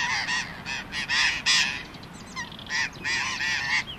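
Burrowing parakeet screeching, loud grating squawks repeated rapidly in a noisy, raucous run.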